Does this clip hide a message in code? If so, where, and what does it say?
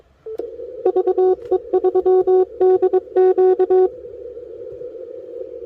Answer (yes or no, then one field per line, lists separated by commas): yes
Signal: Morse code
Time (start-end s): 0.9-3.9 s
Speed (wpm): 22 wpm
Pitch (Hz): 370 Hz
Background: none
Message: VE3DQ